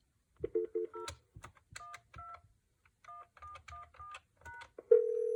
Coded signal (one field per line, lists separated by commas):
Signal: DTMF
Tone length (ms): 160 ms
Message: 01211#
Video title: Telephone supervision charge indicator - packaged